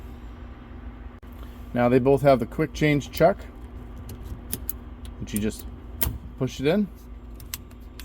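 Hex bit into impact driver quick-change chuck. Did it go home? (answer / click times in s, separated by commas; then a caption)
no / none. A hex bit or adapter is pushed by hand into the quick-change chuck of a cordless impact driver, one of a Milwaukee M18 Fuel Gen 4 2953-20 and a Hilti Nuron SID 6-A22, each fitted with a 4 Ah battery. Someone talks while short, sharp clicks and taps of handling sound around 4.1–5.1 s and 7.4–8.1 s. Nothing has seated or locked in the chuck yet by the end of the clip.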